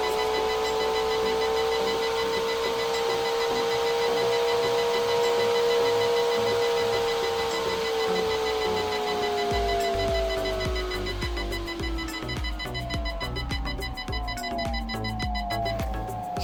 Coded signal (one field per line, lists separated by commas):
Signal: none